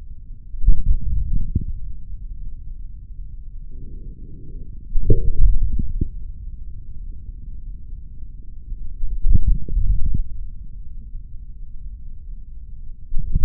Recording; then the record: forearm muscle sounds (acoustic myography)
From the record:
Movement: hand closing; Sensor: system 3, bracelet of six PUI Audio POM-2738L microphones around the upper forearm, with dedicated amplification and filtering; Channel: 6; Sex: male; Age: 26 years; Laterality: right